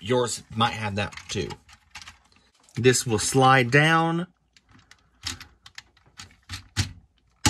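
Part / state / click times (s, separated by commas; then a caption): plastic toy limb panel into its locking slot on the figure / seated / 7.5 s. While someone talks during the transformation of a plastic Legacy Menasor combiner figure (Motormaster), a plastic limb panel is slid down over another part, with light handling taps and clacks along the way. A sharp, loud click at 7.5 s marks the panel seating into its locking slot on the figure.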